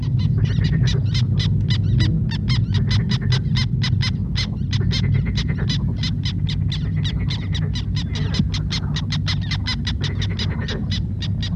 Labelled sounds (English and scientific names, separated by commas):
Black Tern (Chlidonias niger) call